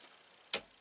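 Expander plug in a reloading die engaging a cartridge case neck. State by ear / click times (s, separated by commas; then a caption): seated / 0.6 s. A brass cartridge case is run up on a reloading press into a steel Lee Universal Neck Expanding Die, where the spring-loaded expander plug inside engages and flares the case mouth. After near silence, a single sharp metallic click lands at 0.6 s, followed by a bright, high ringing that fades over about a quarter second. The plug is heard seating.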